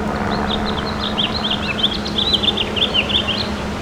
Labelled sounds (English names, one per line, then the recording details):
House Finch song
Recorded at Bellport on Long Island, New York, on 21 June 2013
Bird C